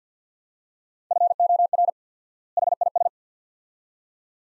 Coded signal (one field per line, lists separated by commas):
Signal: Morse code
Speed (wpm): 50 wpm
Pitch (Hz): 700 Hz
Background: none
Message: FOR HIS